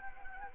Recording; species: mosquito wingbeat signal from an infrared sensor; Anopheles gambiae